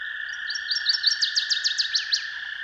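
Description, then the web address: Northern waterthrush delivering its ringing song: faint rising notes build into a rapid string of loud, sharp falling whistles, with a continuous hum behind. "Dan Gibson's Solitudes Songbirds. Northern Waterthrush"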